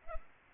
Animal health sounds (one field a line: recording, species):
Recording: mosquito wingbeat signal from an infrared sensor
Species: Culex pipiens